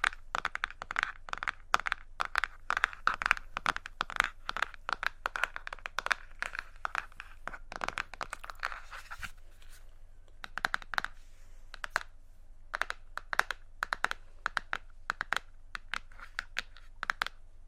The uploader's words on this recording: ASMR Tapping On Random Objects.